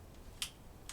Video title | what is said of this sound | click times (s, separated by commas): Construction | it locks in place so there's a detent inside and so instead | 0.4 s, 0.9 s